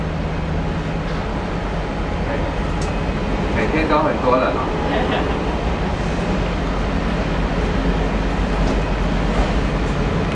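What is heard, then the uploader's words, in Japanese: A train pulling away from Taitō station, with a steady low rumble and hum running through the whole stretch. Around the middle, faint voices and brief squealing tones rise over the constant noise, and a short sharp tick comes just before. 区間3514次 台東駅発車。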